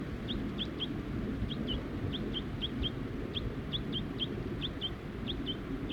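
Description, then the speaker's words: Crossbills giving short clipped chip notes in a loose, irregular series, with low rumbling noise underneath. Crossbill family including juveniles, perched in Virginia pines at the edge of a grove. "I see the juveniles and the rest of the birds perched in some of these Virginia pines on the edge of a grove of trees here."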